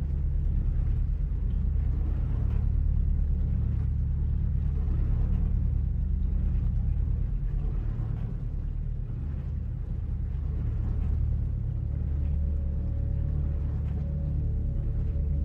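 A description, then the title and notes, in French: Calm, muffled sounds: a steady low rumble, like an engine or vehicle droning, holds at an even level throughout. Softer murmurs rise and fall above it, and a faint high whine joins in around the twelfth second and lingers to the end. Sons calmes et sourds.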